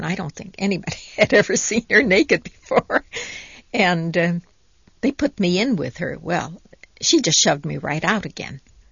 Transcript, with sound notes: I don't think anybody had ever seen her naked before. ( she laughs ) And they put me in with her. Well, she just shoved me right out again.